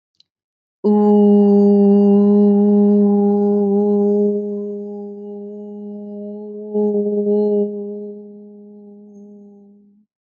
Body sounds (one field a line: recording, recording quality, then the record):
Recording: sustained vowel as in boot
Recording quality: excellent, no background noise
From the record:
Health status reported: healthy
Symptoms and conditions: none ticked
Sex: female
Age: 32 years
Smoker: not ticked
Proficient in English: yes